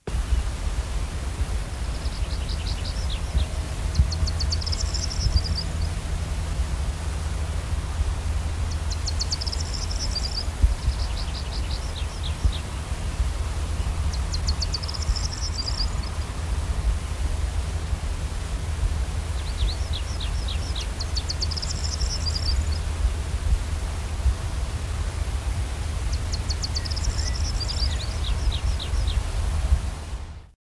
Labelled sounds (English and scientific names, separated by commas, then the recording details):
Corn Bunting (Emberiza calandra) song
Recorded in the wild
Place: Frederikshavn, Nordjütland, DK
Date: 1985-05-21
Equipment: Halbspur, 9,5 cm/s
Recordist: Lütgens, Hans
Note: Etwa 20km südlich von Frederikshavn, Gesang